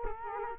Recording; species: mosquito wingbeat signal from an infrared sensor; Culex quinquefasciatus